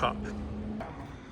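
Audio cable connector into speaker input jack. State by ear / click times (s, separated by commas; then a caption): seated / 0.8 s. An audio cable connector is pushed into the input jack on a PA speaker until its latch clicks at the top, seating it. A brief burst of talk opens the clip over a steady low hum, and a short click sounds at 0.8 s.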